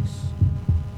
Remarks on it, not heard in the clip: Deep inside your chest, your heart muscle contracts, beats about once every second throughout your life. Each heartbeat pushes blood out of the heart's two ventricles into arteries that carry the blood to all parts of the body, including the lungs.